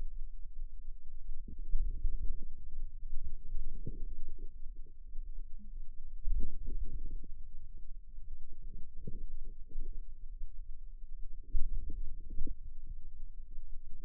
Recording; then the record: forearm muscle sounds (acoustic myography)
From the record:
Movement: outward rotation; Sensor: system 2, bracelet of six BSWA MPA416 microphones around the upper forearm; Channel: 2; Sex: female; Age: 22 years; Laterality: right